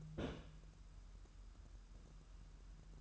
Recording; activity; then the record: daily activity, microphone in the room; place on stove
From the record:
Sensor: 2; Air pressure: 994.3 hPa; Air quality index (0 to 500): 218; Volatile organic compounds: 1000 ppm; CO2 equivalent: 7215 ppm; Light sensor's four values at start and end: 137/327/138/143 and 137/327/138/143